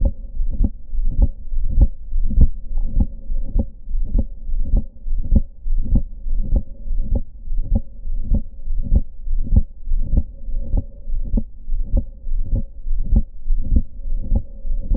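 Regular heartbeat near 100 per minute heard by stethoscope at the pulmonic area, heart sounds of pulmonary hypertension in a pregnant woman.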